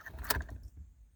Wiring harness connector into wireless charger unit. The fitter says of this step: find it push it in here the click click and this piece right here